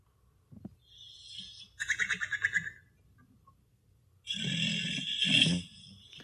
That's a dog having a snooze. That's a loud dog.